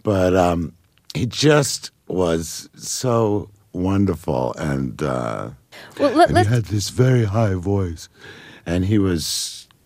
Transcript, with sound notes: But he just was so wonderful. And...
Well let's...
(Imitating Arthur Kane) He had this very high voice. And he was